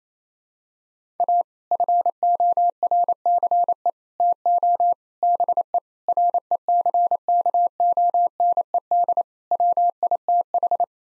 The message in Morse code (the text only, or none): A FORCE TO BE RECKONED WITH